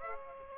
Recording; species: mosquito wingbeat signal from an infrared sensor; Aedes aegypti